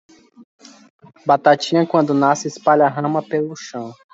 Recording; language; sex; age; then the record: short text; Brazilian Portuguese; male; 20 to 29 years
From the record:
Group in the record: control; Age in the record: 28 years